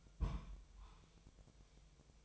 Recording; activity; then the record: daily activity, microphone in the room; place on stove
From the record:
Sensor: 1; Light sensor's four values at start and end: 9/22/8/9 and 9/22/8/9